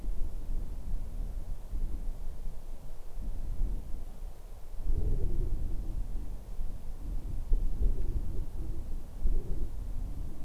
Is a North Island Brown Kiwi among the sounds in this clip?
no